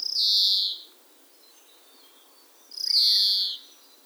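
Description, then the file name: European greenfinch giving two nasal, buzzy wheezes close together, under three seconds apart, each drawn out and falling slightly. "Chloris chloris"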